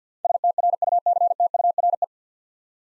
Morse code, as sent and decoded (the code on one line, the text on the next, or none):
... - .-. ..- -.-. - ..- .-. .
STRUCTURE